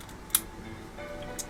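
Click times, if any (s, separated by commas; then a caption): 0.3 s. A plastic skirt part for a Bandai MG Sazabi "Ver Ka" model kit is lined up on the kit frame using guide slots and lines, then pressed on. It gives one sharp snap at 0.4 s and seats into place, with a fainter tick near 1.4 s over low background sound.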